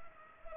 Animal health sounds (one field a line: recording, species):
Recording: mosquito wingbeat signal from an infrared sensor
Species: Culex pipiens